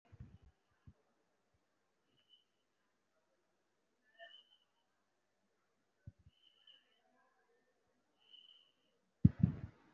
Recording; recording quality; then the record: shallow breathing; excellent, no background noise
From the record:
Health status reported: respiratory illness, not identified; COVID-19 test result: negative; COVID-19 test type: RT-PCR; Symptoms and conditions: cough, cold, breathing difficulty, fatigue, muscle pain, chronic lung disease, pneumonia, another respiratory illness, hypertension, another condition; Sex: male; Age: 64 years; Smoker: no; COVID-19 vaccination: both doses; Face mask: not worn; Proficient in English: yes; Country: India